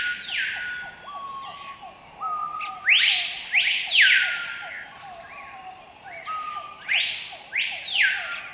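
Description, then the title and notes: Screaming piha song: loud whistled notes sweeping sharply up and down, given several times, with softer low rising notes between, over a steady high drone. At dawn in the Amazon rainforest near the village of Tauary; birds gradually answer a villager's whistling; song can reach 120 decibels at 1 metre. "Emerson est venu appeler les piauhaus hurleurs qui répondent peu à peu à son sifflement. Leur chant peut atteindre les 120 décibels à 1 mètre"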